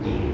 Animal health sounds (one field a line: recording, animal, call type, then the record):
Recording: contact call of a hoofed animal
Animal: pig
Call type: closed-mouth grunt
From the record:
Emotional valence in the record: negative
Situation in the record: short social isolation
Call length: 0.34 s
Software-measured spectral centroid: 1320 Hz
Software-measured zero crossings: 830 a second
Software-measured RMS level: -24 dBFS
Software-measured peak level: -13 dBFS